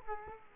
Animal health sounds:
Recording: mosquito wingbeat signal from an infrared sensor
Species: Culex quinquefasciatus

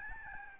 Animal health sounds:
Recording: mosquito wingbeat signal from an infrared sensor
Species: Aedes albopictus

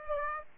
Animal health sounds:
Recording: mosquito wingbeat signal from an infrared sensor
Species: Aedes aegypti

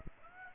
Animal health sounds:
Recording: mosquito wingbeat signal from an infrared sensor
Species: Aedes aegypti

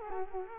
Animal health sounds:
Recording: mosquito wingbeat signal from an infrared sensor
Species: Culex quinquefasciatus

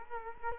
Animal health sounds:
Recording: mosquito wingbeat signal from an infrared sensor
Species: Culex quinquefasciatus

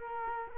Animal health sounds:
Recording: mosquito wingbeat signal from an infrared sensor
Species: Culex quinquefasciatus

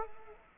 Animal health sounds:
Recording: mosquito wingbeat signal from an infrared sensor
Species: Culex quinquefasciatus

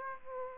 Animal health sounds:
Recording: mosquito wingbeat signal from an infrared sensor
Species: Aedes aegypti

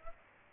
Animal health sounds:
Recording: mosquito wingbeat signal from an infrared sensor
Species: Aedes aegypti

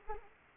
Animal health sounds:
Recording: mosquito wingbeat signal from an infrared sensor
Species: Anopheles arabiensis

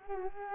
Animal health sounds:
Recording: mosquito wingbeat signal from an infrared sensor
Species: Culex quinquefasciatus

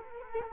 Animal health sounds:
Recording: mosquito wingbeat signal from an infrared sensor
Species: Culex quinquefasciatus

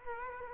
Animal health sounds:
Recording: mosquito wingbeat signal from an infrared sensor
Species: Culex quinquefasciatus

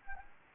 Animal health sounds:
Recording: mosquito wingbeat signal from an infrared sensor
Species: Anopheles gambiae

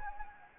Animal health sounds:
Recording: mosquito wingbeat signal from an infrared sensor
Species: Anopheles gambiae

